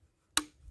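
A crossbow's cocking handle is lowered to draw the string back into the trigger latch, and a single sharp click sounds at 0.4 s as the string catches. The string is seated and cocked, and the safety engages. Only faint low rumble is heard before and after.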